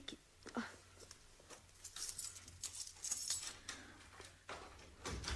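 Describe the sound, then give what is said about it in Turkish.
Keys jingle and scrape against a lock as someone unlocks a door with another person's key, followed by a few sharp metallic clicks as the bolt turns and the door is pushed open. Faint low hum underneath, no voices. “Anahtarını ver, kapıyı ben açayım.”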